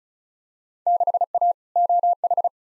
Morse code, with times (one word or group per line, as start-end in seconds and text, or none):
0.9-1.5 6A
1.8-2.5 OH